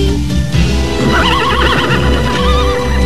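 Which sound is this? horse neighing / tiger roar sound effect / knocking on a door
horse neighing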